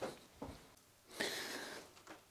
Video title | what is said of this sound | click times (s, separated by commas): WE FOUND MORE BROKEN STUFF ON THE YAMAHA FZ6 (PART 5) | that's now in and clicked in place | 1.2 s